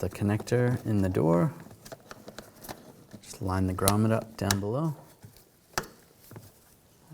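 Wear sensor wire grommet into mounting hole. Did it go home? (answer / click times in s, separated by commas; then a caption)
yes / 5.8 s. Someone talks while the rubber grommet on the rear brake pad wear sensor wire of a 2000-2006 BMW X5 is lined up below and pressed into its mounting hole. Faint handling ticks lead up to a sharp pop at 5.8 s, when the grommet seats in place.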